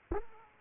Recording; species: mosquito wingbeat signal from an infrared sensor; Culex pipiens